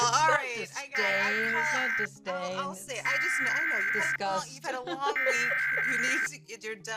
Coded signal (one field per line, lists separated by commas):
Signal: Emergency Alert System (SAME) tones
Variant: header bursts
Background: speech